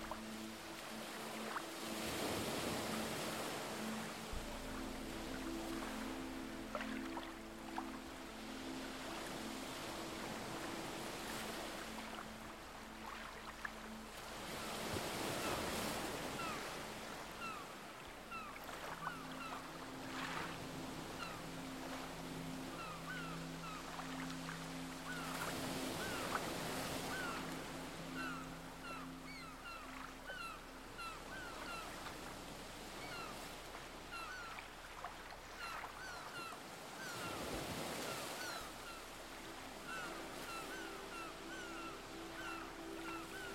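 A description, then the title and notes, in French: Waves wash onto a deserted beach in a constant dense hiss, with larger breakers surging up around 2, 15, 26 and 38 seconds. Beneath the surf runs a low, steady humming drone that shifts pitch in sections, possibly a boat motor. Sur une plage déserte.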